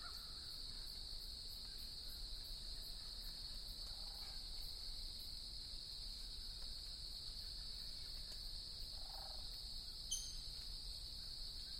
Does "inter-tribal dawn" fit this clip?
yes